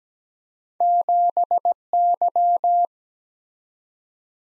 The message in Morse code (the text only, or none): 7Y